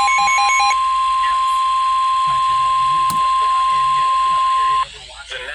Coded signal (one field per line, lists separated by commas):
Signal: Emergency Alert System (SAME) tones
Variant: 1050 Hz attention tone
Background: speech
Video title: Good Morning, Have a warning. (EAS#340-345)